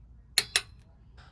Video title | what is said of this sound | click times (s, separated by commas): Tighten up that Jeep JL/ JT steering with this AMAZING UPGRADE! | once you hear that click now what you do from where it's at you're going to rotate it another | 0.4 s